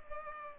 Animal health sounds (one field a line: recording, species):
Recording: mosquito wingbeat signal from an infrared sensor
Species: Culex pipiens